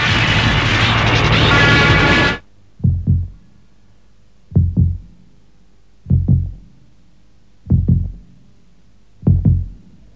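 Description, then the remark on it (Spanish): A loud, dense burst of noise cuts off after two seconds, followed by the racing heartbeat of someone who has just woken with a start: five deep, booming double thumps, lub-dub, in a steady, even rhythm with no voices. “El corazón me late rápidamente e inyecta sangre a mi cabeza que aún escucha y sufre.”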